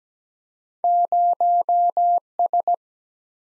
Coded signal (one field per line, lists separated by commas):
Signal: Morse code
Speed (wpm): 17 wpm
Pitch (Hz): 700 Hz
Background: none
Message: 0 S